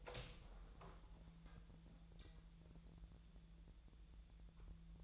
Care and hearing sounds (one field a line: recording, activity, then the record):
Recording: daily activity, microphone in the room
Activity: open door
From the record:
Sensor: 3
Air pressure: 1001.4 hPa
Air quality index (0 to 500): 249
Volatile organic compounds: 161 ppm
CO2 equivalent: 4071 ppm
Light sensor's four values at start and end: 12/29/12/12 and 13/30/12/12